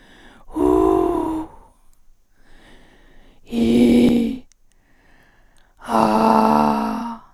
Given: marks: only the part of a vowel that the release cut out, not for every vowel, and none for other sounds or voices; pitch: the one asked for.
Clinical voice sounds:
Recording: sustained vowels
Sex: female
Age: 50 to 59 years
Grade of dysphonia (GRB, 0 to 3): 3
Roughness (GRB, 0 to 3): 3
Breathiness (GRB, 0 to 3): 2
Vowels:
0.63-1.27 s: vowel /u/, high pitch
3.56-4.09 s: vowel /i/, low pitch
6.06-6.77 s: vowel /a/, low pitch
From the record:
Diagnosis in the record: recurrent laryngeal nerve paralysis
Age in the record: 55 years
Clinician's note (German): Rechts in Intermediärstellung, keine Kompensation, breite glottische Insuffizienz; R1 B2 H1

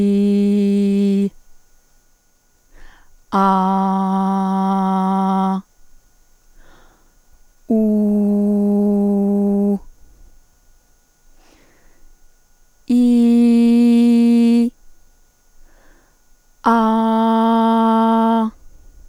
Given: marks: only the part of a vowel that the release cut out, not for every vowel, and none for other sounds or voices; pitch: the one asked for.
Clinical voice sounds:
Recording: sustained vowels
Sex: female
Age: 30 to 39 years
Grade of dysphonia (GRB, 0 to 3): 1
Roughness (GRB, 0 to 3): 1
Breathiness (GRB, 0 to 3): 0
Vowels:
0.00-1.15 s: vowel /i/, normal pitch
3.55-5.44 s: vowel /a/, normal pitch
7.85-9.60 s: vowel /u/, normal pitch
13.06-14.50 s: vowel /i/, high pitch
16.87-18.31 s: vowel /a/, high pitch
From the record:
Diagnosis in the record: dysphonia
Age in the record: 36 years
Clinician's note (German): Ponogen, multifaktoriell

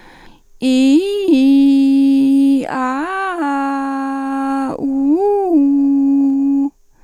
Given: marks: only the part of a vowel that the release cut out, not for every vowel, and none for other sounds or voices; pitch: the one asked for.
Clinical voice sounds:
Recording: sustained vowels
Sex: female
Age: 40 to 49 years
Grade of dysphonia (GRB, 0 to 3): 2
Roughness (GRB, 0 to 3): 1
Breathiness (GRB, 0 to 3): 2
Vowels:
0.68-2.52 s: vowel /i/, low-high-low pitch
2.79-4.64 s: vowel /a/, low-high-low pitch
4.88-6.62 s: vowel /u/, low-high-low pitch
From the record:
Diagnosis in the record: recurrent laryngeal nerve paralysis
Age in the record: 41 years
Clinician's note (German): Links paramedian, mit beginnender phonatorischer Kompensation

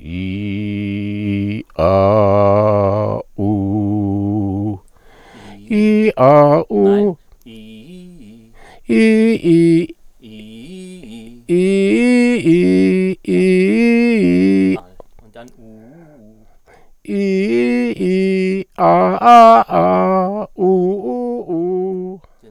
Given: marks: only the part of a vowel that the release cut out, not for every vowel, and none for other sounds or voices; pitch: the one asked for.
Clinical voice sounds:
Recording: sustained vowels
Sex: male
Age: 60 to 69 years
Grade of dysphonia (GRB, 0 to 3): 1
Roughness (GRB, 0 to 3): 0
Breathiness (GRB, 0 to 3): 0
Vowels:
0.21-1.53 s: vowel /i/, low pitch
1.93-3.03 s: vowel /a/, low pitch
3.49-4.59 s: vowel /u/, low pitch
13.33-14.60 s: vowel /i/, low-high-low pitch
20.63-21.95 s: vowel /u/, low-high-low pitch
From the record:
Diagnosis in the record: dysodia (singing voice disorder)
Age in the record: 69 years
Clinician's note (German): Zustand nach Struma-OP, dysplastischer Kehlkopf mit Ödemen, keine Rekurrensparese

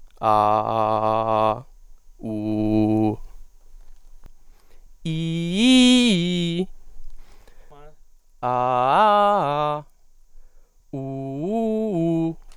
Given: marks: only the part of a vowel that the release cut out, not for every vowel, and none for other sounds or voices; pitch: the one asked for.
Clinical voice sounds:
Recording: sustained vowels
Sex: male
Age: 20 to 29 years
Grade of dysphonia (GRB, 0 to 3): 0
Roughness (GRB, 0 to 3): 0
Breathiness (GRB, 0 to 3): 0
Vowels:
0.30-1.49 s: vowel /a/, low pitch
2.28-3.09 s: vowel /u/, low pitch
5.11-6.55 s: vowel /i/, low-high-low pitch
8.50-9.73 s: vowel /a/, low-high-low pitch
10.99-12.26 s: vowel /u/, low-high-low pitch
From the record:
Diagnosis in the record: healthy voice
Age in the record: 22 years

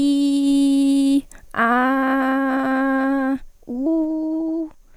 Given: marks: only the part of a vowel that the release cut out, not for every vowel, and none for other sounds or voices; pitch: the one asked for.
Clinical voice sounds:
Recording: sustained vowels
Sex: female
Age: 18 to 19 years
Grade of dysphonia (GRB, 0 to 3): 2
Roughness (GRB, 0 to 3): 1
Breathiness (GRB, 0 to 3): 0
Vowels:
0.00-1.10 s: vowel /i/, normal pitch
1.75-3.21 s: vowel /a/, normal pitch
3.80-4.59 s: vowel /u/, normal pitch
From the record:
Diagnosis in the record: healthy voice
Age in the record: 19 years

